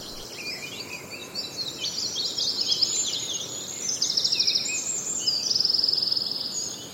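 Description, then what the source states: Eurasian wren song: rapid high trills and rattling notes in several bursts, growing louder toward the end. Persistent song in the dawn chorus in Kielder Forest, 64 separate notes in 8 seconds; another wren singing close to the microphone.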